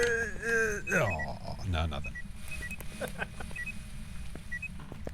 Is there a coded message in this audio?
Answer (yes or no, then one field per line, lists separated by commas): no